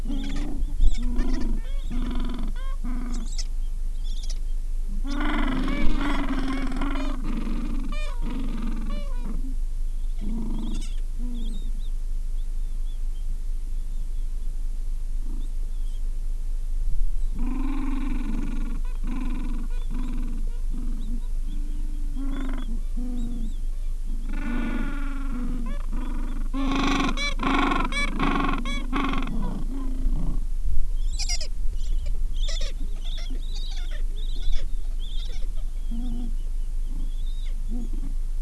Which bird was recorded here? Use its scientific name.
Pygoscelis papua